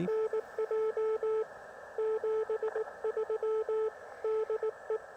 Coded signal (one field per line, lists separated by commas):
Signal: Morse code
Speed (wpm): 19 wpm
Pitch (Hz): 440 Hz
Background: none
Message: NJ 73 DE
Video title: POTA in CW. (before the shut down)